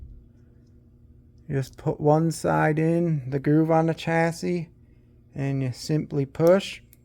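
A retaining clip is being refitted onto an HO slot car chassis, with one side hooked into the groove on the chassis before the other side is pushed down. Someone talks throughout over a quiet background, with only a faint brief tick near 1.4 s. The clip has not clicked or seated yet.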